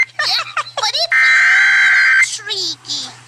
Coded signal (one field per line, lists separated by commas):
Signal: Emergency Alert System (SAME) tones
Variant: header bursts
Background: speech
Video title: Ruff Ruffman Computer Emergency Alert System